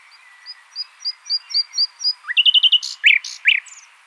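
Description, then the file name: Common nightingale song: a row of soft, evenly spaced high notes, then a fast run of repeated notes and loud, harsh chattering bursts. "Luscinia megarhynchos"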